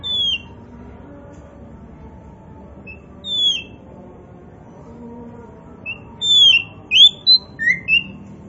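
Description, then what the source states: Oriental magpie-robin: songbird giving sparse, isolated whistles at first, then a quicker run of clear, sliding whistled notes toward the end. Kacer poci, a form of Oriental magpie-robin, described as gacor, meaning singing vigorously and often.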